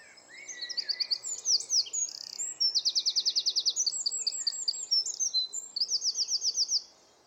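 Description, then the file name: Eurasian wren song, a continuous loud outpouring of high whistles with two fast rattling trills and quick varied notes between them. "Troglodytes troglodytes"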